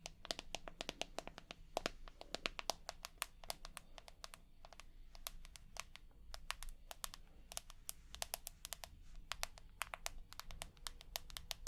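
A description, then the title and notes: Sharp, bright taps land in quick, uneven bursts for the whole stretch, some clustered closely, others spaced, over a low steady hum. 100% Tapping.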